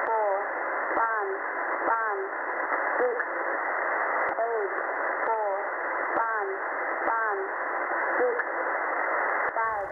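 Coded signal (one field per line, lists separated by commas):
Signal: numbers station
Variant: HM01, Spanish five-digit groups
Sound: loud radio hiss with a faint voice reading short, evenly spaced words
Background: radio static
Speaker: the station will tell you how many numbers are in each group in this case it's five then the actual message stunts then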